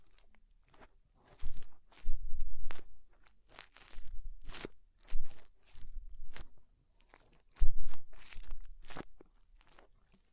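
Fingers rub and scrape inside an ear, making loud crackling, crunchy bursts in irregular clusters. Short bouts of rustling come every second or so, separated by near-silent pauses, with a sharp pop near 7.6 seconds. The scratchy texture reaches into bright, hissing highs.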